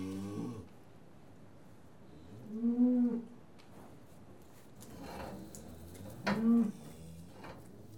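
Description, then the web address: Cattle calling: two short, low, nasal moos about four seconds apart, with soft shuffling and faint knocks between them. Cattle being tested. "The BBC Sound Effects Library. Cattle Being Tested"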